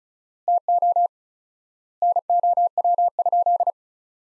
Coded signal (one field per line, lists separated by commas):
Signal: Morse code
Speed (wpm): 34 wpm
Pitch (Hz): 700 Hz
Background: none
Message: TO NOW?